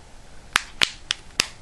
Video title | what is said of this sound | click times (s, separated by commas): AccessoryGeeks iPod Touch 2g Clear Case Review | You guys hear the clicks all the way around. | 0.6 s, 0.8 s, 1.1 s, 1.4 s